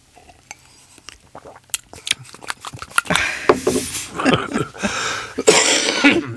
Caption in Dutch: Die kriebel blijft komen. Ik blijf toch hoesten ik ben een hoester. Mijn vader die hoestte ook. Het is een beetje erfelijk.